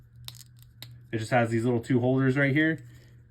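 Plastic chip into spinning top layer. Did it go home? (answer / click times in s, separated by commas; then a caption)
no / none. A plastic chip is handled next to the plastic layer of a spinning battle top, which has two small holders meant to grip it. Several short, sharp plastic ticks and taps sound in the first second, around 0.3 s and 0.8 s, and then someone talks. The chip has not been pressed in yet, and nothing has seated or clicked.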